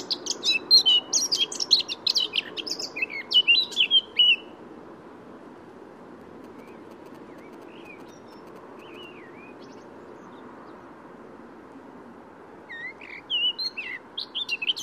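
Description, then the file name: Eurasian blackcap singing a dense burst of high, scratchy twittering for four seconds, then a long near-silence with a few soft notes before the chatter resumes. "Sylvia atricapilla"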